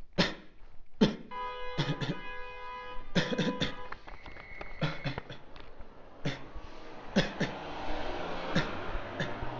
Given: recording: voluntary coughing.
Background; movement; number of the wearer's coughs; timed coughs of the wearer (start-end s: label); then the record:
traffic; walking; 15
0.16-0.47 s: cough
0.99-1.22 s: cough
1.76-2.00 s: cough
2.00-2.32 s: cough
3.13-3.36 s: cough
3.36-3.58 s: cough
3.58-3.87 s: cough
4.80-5.03 s: cough
5.03-5.24 s: cough
5.24-5.48 s: cough
6.25-6.55 s: cough
7.13-7.38 s: cough
7.38-7.60 s: cough
8.53-8.77 s: cough
9.18-9.42 s: cough
From the record:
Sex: male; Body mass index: 23.7 kg/m2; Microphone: on the chest, facing outward